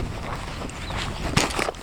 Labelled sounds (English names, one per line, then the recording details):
Superb Starling flight call
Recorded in Kenya